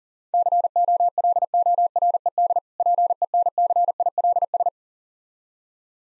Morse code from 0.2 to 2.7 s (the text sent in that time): COLORED